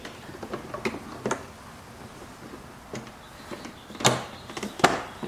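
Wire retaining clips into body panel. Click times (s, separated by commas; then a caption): 4.8 s. Wire for a lighting install on a C7 Corvette is pulled through, and its retaining clips are pushed up into the body panel. Soft rustling and handling taps lead up to a sharp click at 4.9 s as the clips seat in place.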